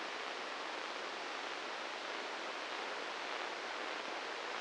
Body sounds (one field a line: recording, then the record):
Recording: brain microelectrode recording played as sound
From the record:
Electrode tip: inside the subthalamic nucleus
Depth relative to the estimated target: 2 mm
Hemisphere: left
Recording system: NeuroSet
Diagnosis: Parkinson's disease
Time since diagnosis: 15 years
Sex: male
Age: 65 years